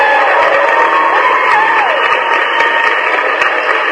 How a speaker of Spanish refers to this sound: Hombre, aplausos para Almita.